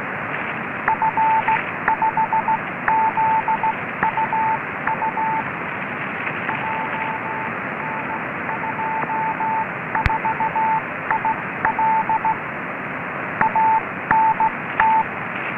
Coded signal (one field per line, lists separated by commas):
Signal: Morse code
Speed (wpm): 16 wpm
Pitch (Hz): 880 Hz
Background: radio noise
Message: F5ZUU JN24IL ANT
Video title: F5ZUU Beacon 28 241,50 MHz